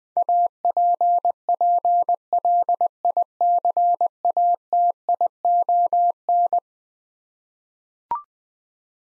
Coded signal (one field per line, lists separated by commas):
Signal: Morse code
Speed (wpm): 21 wpm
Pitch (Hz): 700 Hz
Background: none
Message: APPLICATION